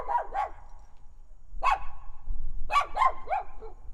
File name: dog small barking backyard some echo and distant traffic